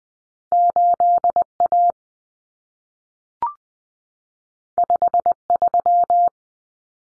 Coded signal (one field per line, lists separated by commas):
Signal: Morse code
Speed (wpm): 20 wpm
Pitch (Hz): 700 Hz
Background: none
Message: 8A 53